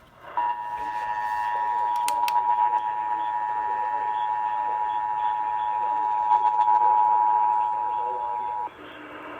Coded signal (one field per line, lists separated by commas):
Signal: Emergency Alert System (SAME) tones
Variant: 853 and 960 Hz attention tone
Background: speech